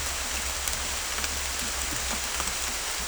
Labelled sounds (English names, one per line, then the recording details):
none
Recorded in secondary vegetation near Puerto Asís, Putumayo, Colombia, on 26 December 2024 at 11:30
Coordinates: 0.488, -76.319
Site GP04